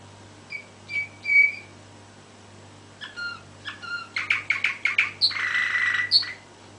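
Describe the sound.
Canary giving a few sparse whistled notes, followed by a burst of quick chirps and a buzzy trill.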